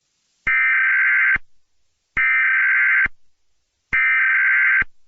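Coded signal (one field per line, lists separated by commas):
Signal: Emergency Alert System (SAME) tones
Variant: header bursts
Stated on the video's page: Simulated EAS scenario.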